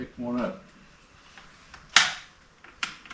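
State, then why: Seated. Someone talks briefly, then a rifle magazine is slapped back into the magazine well of an AR-15 after the rifle failed to pick up a round because the magazine had not been seated. A loud, sharp metallic hit at 2.0 s marks the magazine seating home, followed by a quieter sharp click around 2.8 s and a few small handling taps.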